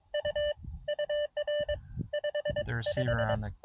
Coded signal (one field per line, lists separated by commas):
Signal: Morse code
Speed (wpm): 24 wpm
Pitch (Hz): 590 Hz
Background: speech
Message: U UR 55